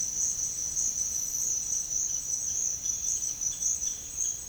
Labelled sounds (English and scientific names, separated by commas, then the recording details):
none
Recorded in pastures near Puerto Asís, Putumayo, Colombia, on 21 March 2025 at 08:30
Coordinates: 0.502, -76.324
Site GP07